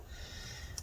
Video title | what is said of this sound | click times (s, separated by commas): 13.3" 13" inch MacBook Pro A1502 Early 2015 Keyboard Battery Palmrest Assembly Replacement Repair | there we go and it clicks into place | 0.8 s